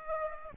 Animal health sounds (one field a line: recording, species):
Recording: mosquito wingbeat signal from an infrared sensor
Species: Aedes aegypti